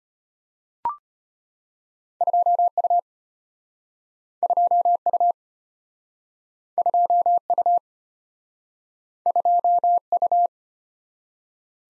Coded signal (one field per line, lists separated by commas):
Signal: Morse code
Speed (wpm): 33 wpm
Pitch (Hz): 700 Hz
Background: none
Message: 2U 2U 2U 2U